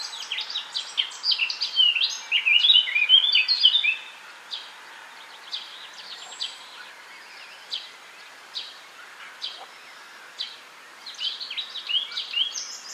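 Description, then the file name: Eurasian blackcap singing a fast chattering warble that leads into brighter whistled notes, followed by scattered thin high calls and a second warbled burst near the end. "Sylvia atricapilla"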